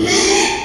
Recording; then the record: squeal of a Yucatan mini pig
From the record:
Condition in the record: after surgery on the right vocal fold (resection and tissue-engineered implant); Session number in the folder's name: 2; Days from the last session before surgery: 13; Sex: male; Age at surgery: 12 weeks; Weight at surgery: 13 kg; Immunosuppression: cyclosporine, prednisolone